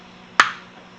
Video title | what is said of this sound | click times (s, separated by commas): Ruger LCP Max .380 Semi-Auto Field Stripping - MSD defense | okay and you heard the click hopefully and it's | 0.4 s